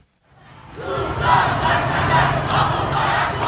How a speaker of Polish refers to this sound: Teraz protestujący głośno oskarżają władze o kłamstwa, zwłaszcza dotyczące przyczyn katastrofy samolotu, i żądają ustąpienia rządzących.